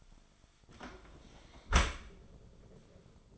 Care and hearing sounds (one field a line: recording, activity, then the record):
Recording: daily activity, microphone in the room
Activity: close dishwasher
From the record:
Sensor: 5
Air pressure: 1003.2 hPa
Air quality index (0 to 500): 136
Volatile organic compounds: 2 ppm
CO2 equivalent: 994 ppm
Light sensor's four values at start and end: 82/201/82/94 and 72/175/72/82